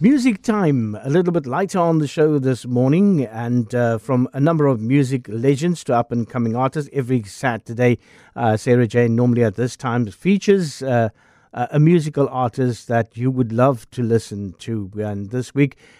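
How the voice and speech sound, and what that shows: A low-pitched adult male voice speaks fluently at an easy broadcast pace, with short natural pauses between phrases and a clear, steady tone. No repeats, blocks, slurring or hoarseness are heard. This is typical speech, a radio presenter introducing a music feature.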